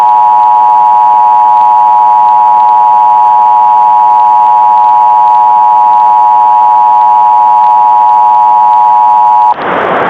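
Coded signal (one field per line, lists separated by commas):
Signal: Emergency Alert System (SAME) tones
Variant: 853 and 960 Hz attention tone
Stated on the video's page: Mock alert.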